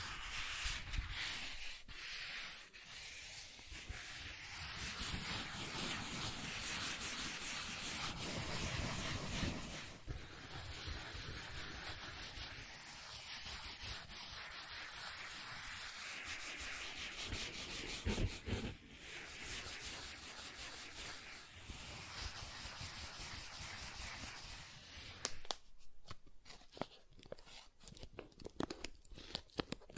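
Soft tracing across smooth and rough surfaces makes a dense, continuous rubbing hiss that swells and eases with each stroke. A brief sharper scrape comes near 18 seconds, and after about 25 seconds the sound thins into lighter, separate strokes with short gaps.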